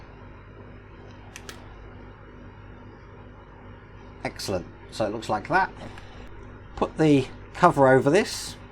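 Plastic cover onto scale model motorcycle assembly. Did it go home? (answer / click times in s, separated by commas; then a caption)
no / none. A plastic cover is handled over a part of a 1:4 scale Pocher Ducati 1299 Panigale R Final Edition motorcycle model, with two faint light taps around 1.4 and 1.5 seconds over a quiet steady background. Someone talks in the second half. The cover has not clicked or seated into place yet; it is meant to hold itself in but also calls for a little glue.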